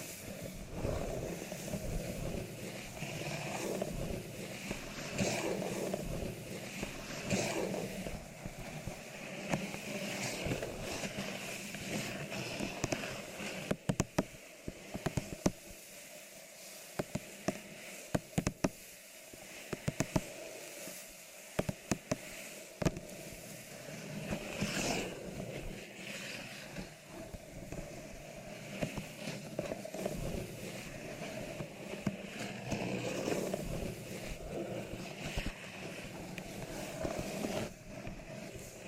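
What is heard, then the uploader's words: Microphone scratching and brushing, a dense, rustling texture that runs almost without pause, with a steady low rumble underneath. Between about 14 and 22 seconds the low rumble drops away and sharp, separate taps and clicks stand out before the steady scratching returns. ASMR Mic Scratching , Tapping & Brushing with Different Mic Covers , Brushes & Nails No Talking.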